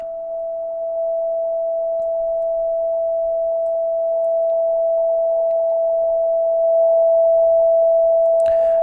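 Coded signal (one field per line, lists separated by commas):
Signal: radar signal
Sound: a continuous steady mid-pitched beat tone, then a brief noisy click at the end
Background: radio receiver hiss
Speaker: all right this one is approximately 630 Cycles above the center of the receiver I'm going to uh put some gain into the receiver now so that we can look at it on the scope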